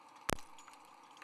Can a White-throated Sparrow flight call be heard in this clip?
no